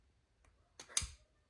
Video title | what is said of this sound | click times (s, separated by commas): Piston Replacement Hyundai Kia 1.6 4 Cylinder Gamma 2 Non Turbo Rio Accent 12 13 14 15 16 17 | There we go. It ratchets out. | 0.8 s, 1.0 s